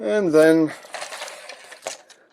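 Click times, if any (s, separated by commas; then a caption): 1.5 s, 1.9 s. Someone talks briefly while a plastic part on the smokestack assembly of a Legendary Toys LT02 transforming robot toy (a KO MPM Optimus Prime) is swung up into its slot. Soft plastic handling follows, then small clicks at 1.5 s and 1.9 s as the tab seats into the slot.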